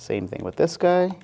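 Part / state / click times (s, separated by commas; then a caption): DisplayPort cable plug into docking station port / not seated / none. A second latching DisplayPort cable plug is handled at the port of a Lenovo ThinkPad Pro Dock while someone talks. The plug has not been inserted yet, and nothing has seated or clicked.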